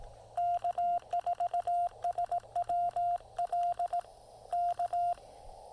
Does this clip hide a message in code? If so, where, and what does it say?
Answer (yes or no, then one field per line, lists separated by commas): yes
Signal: Morse code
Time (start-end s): 0.4-5.1 s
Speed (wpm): 18 wpm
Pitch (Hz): 700 Hz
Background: radio noise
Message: K4SWL K